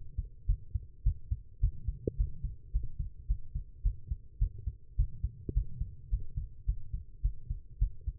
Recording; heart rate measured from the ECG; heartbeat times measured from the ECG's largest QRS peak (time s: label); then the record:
heart sounds by stethoscope; 106 bpm
0.47 s: heartbeat
1.04 s: heartbeat
1.61 s: heartbeat
2.17 s: heartbeat
2.73 s: heartbeat
3.28 s: heartbeat
3.83 s: heartbeat
4.39 s: heartbeat
4.96 s: heartbeat
5.54 s: heartbeat
6.10 s: heartbeat
6.66 s: heartbeat
7.22 s: heartbeat
7.79 s: heartbeat
From the record:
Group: healthy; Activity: rest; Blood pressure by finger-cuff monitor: 130/81 mmHg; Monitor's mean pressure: 95 mmHg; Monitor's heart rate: 106 bpm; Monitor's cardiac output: 8.4 L/min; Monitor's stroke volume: 78 mL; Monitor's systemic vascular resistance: 840 dyn s/cm5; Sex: female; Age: 19 years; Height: 163 cm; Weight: 51 kg